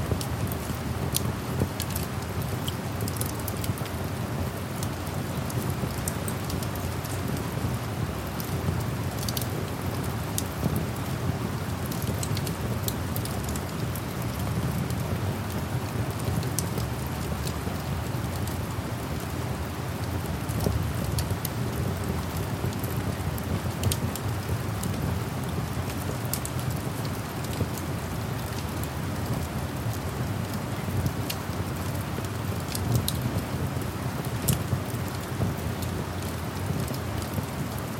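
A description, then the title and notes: Steady rain falls without a break, a dense, even hiss over a deep, constant rumble. Small sharp crackles and ticks pop up irregularly throughout, bright and close against the soft wash. The level stays level for the whole stretch. Cozy Cabin Ambience - Rain and Fireplace Sounds at Night.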